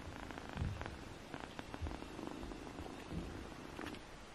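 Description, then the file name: Kitten purring in a deep, throbbing rumble, steady and rhythmic, with soft crackling rustles above it. Baby kittens relaxing, purring and sleeping, domestic, recorded 21 June 2020. "Time for Relaxation, Purring and Sleep - Cute Baby kittens - 21-06-20"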